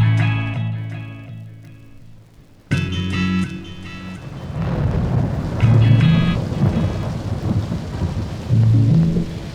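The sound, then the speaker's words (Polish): A thunderstorm breaks in abruptly a few seconds in: steady heavy rain hisses while low thunder rumbles and swells, all layered over sustained tonal music that plays throughout. “Spójrz, dziś lało nie tylko na bratki.”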